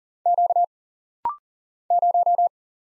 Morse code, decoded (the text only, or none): Q 0